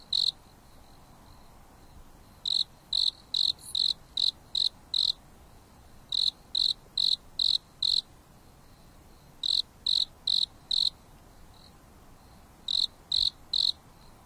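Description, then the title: Insect song: bursts of rapid high chirps, about two or three a second, in groups separated by short pauses, over faint hiss. Insects singing leisurely at night on a mountain top under a starry sky, with a gentle breeze. "There is a gentle breeze blowing on the top of the mountain under the starry sky, and the insects are singing leisurely."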